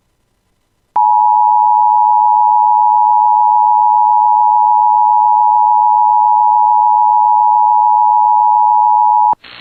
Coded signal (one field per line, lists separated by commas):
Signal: Emergency Alert System (SAME) tones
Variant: 853 and 960 Hz attention tone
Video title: [EAS] Tornado Warning for City of Park Rapids Minnesota [6/16/25]